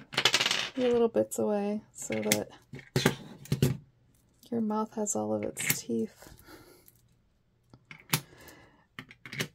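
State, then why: Seated. Steel screwdriver bits are pushed one by one into their slots in a plastic, jaw-shaped bit holder, where magnets hold them. Someone talks through most of the clip, then sharp metallic clicks are heard as the bits snap in at 8.1, 9.0 and 9.3 seconds. Each bit seats in its magnetic slot.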